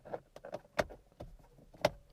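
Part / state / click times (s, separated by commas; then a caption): plastic seat trim or adjuster piece into the car seat side / seated / 1.8 s. A plastic trim or adjuster piece from the side of a car's driver's seat, which had come off in the hand, is pushed back onto the seat. Several small plastic knocks and handling taps are heard, followed by a louder click at 0.8 s and the loudest sharp click at 1.9 s as the piece clicks back into place, seated.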